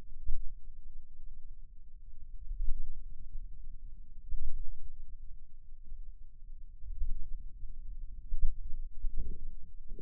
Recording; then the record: forearm muscle sounds (acoustic myography)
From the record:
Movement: finger pinch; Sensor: system 2, bracelet of six BSWA MPA416 microphones around the upper forearm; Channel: 5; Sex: male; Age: 22 years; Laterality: right